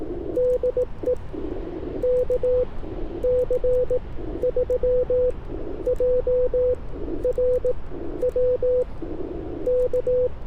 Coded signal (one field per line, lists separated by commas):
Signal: Morse code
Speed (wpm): 18 wpm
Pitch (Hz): 500 Hz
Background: none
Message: DE KC3JRW K